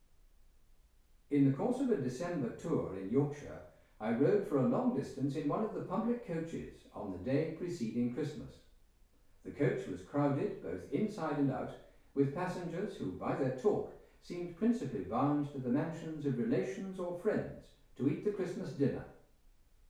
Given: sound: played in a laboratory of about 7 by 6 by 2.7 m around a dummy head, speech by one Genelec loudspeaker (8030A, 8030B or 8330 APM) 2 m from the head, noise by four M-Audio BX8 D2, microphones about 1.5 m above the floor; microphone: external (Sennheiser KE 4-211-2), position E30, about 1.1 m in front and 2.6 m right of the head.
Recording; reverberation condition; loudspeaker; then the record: male speech in English; medium; in front (0 degrees)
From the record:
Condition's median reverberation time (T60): about 510 ms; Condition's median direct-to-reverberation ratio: about -0.5 dB